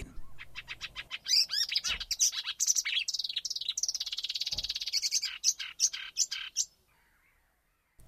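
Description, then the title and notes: Marsh Warbler pouring out a rapid jumble of sharp chips, buzzing rattles and high whistles, then falling silent near the end. "Viikon luontoääni: Luhtakerttunen. Viikon luontoäänen esitteli Juha Laaksonen"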